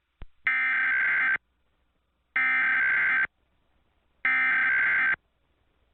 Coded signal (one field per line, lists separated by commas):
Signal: Emergency Alert System (SAME) tones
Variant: header bursts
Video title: EAS Scenario #2 - North Korean Missile Attack